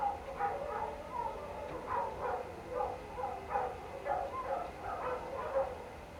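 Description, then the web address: Canines howling with rhythmic yipping pulses and sliding high tones layered on top. Pack of canines howling outdoors late at night in cold winter air, alongside a man-made water fountain. "Omar Alvarado - Minimal ambiences ambience outdoors late night, cold winter air, pack of canine howling into the night and man made water fountain. Sonniss"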